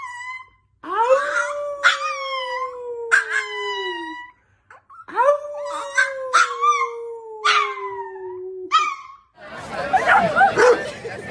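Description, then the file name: Dog howling in long, falling wails broken by sharper yelps. A burst of noise comes at the end. Cute dog barking. "Tieng cho sua de thuong dang yeu"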